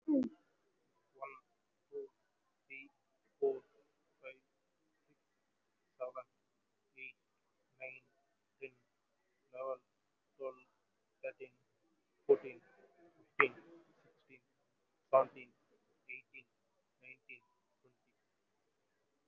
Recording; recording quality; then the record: counting at a normal pace; excellent, no background noise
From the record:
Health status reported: COVID-19 positive, moderate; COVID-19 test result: positive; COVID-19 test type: RT-PCR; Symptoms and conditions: fever, muscle pain, loss of smell and taste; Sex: male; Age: 28 years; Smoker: no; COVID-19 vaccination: both doses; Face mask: worn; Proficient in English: yes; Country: India